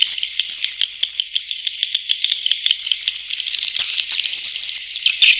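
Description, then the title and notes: Swiftlet chirping: a dense, continuous stream of high, buzzy twitters with short clicky notes scattered through, no pauses. Swiftlet farming sound, Asia. "Swiflet Bird Sound. Farming Swiflet Bird asia sound"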